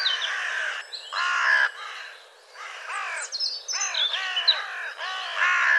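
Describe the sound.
Bird giving rough caws mixed with higher chirping notes, overlapping and uneven, some calls sliding downward in pitch.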